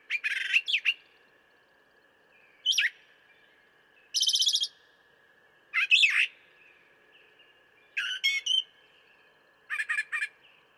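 Brown thrasher delivering distinct phrases every second or two, mixing sweeping slurred notes with a buzzy trill and quick runs of chips.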